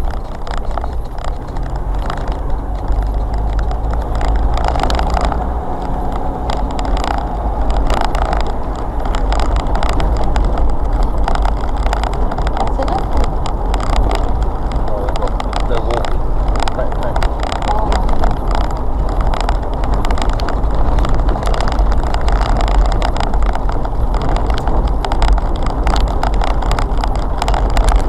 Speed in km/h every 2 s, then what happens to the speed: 26, 27, 29, 35, 37, 39, 39, 40, 40, 40, 40, 37, 39, 40.
0-9 speeds up to 39. 9-28 steady at about 40.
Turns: 0-7.